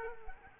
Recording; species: mosquito wingbeat signal from an infrared sensor; Culex quinquefasciatus